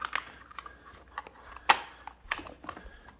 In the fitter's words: would appear that it does pop in or snap into place hopefully and